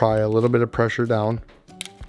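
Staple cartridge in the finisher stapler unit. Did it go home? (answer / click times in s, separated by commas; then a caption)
released / 1.8 s. Someone talks while pressing down on the empty plastic staple cartridge of a Kyocera internal finisher's stapler unit, held with two fingers after removal. The cartridge pops free of its holder with sharp clicks at 1.8 s and 1.9 s.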